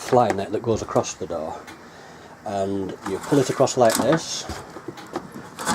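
Someone talks while pulling the full-length door fly screen across the doorway of a 1997 Elddis Mistral Vouge SE two-berth caravan. A single sharp plastic hit at 5.2 seconds marks the fly screen clipping shut into its catch on the door frame.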